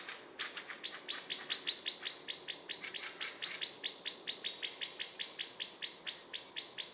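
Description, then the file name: Eurasian blackbird calling with a steady rapid series of sharp chink notes, held evenly throughout. "Turdus merula"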